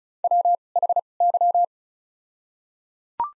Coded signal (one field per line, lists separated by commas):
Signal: Morse code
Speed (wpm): 36 wpm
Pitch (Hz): 700 Hz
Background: none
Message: W H Y